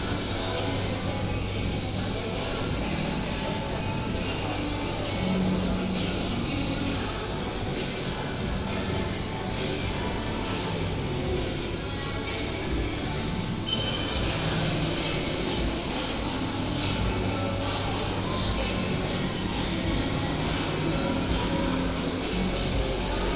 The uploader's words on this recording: Walking through Clarendon Centre. From Queen Street to Cornmarket Street, in the middle.